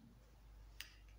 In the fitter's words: logiquement, ça se clipse.